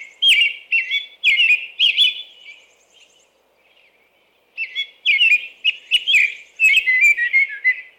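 American robin singing bursts of cheery, slurred whistles, a near-silent pause of about two seconds, then a longer run of warbled phrases trailing into softer notes.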